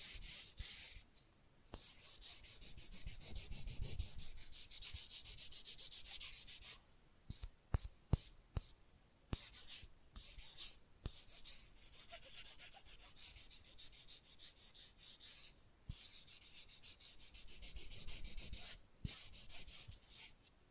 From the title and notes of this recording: ASMR Manicure Session Fast & Rough Nail Filing + Tapping (No Talking).